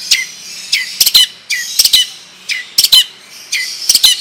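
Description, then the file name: Long-tailed shrike, repeated harsh downslurred squawks, most followed by sharp clicks. Long rolling song style (ngerol panjang); bird singing vigorously (gacor). "Burung Cendet Ngerol Panjang Gacor"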